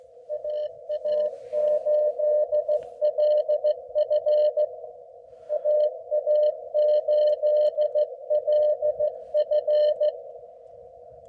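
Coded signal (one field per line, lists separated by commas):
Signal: Morse code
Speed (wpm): 17 wpm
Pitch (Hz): 600 Hz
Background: none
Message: AA8LF AA8LF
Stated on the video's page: Portable Parks on the Air activation, roughly ten contacts made in about 45 minutes.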